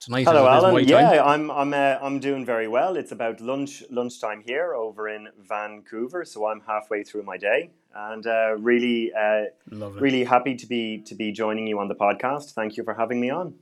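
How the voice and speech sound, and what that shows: A man of about 44 speaks mostly smoothly but with repeated words ("I'm, I'm", "lunch, lunch", "to be, to be") and a hesitant pause and filler before repeating "really". These are mild signs of covert stuttering, present since age 8, which he can hide most of the time except usually under high pressure, stress or at key moments.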